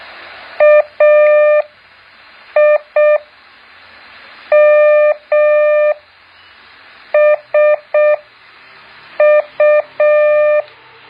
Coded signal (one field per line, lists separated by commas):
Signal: Morse code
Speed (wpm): 6 wpm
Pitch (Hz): 600 Hz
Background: none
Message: AIMSU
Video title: แบบฝึกหัด Morse code 2.2